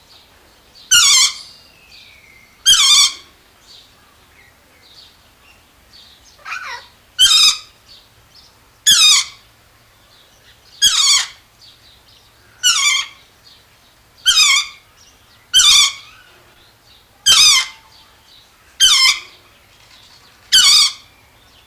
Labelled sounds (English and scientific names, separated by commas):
Lord Derby's Parakeet (Psittacula derbiana) call